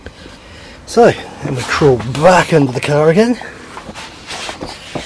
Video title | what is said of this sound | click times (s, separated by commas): Audi S3 8P DIY service full oil and oil filter change. | bit of a snap in place like that now that's all there is so | 0.1 s